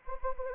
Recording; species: mosquito wingbeat signal from an infrared sensor; Anopheles arabiensis